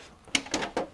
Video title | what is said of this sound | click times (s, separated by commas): Mitsubishi Electric MSZ-AY15 & 20 Review (Baby AY) | and you also have these lovely little clicks that you need to do on the unit, but it's | 0.3 s, 0.5 s